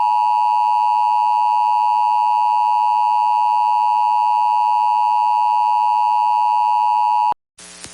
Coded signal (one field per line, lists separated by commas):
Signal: Emergency Alert System (SAME) tones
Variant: 853 and 960 Hz attention tone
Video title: EAS Mock 39: EAS Catch 5 Recreation